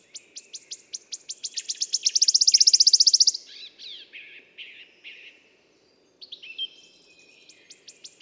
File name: Pouillot siffleur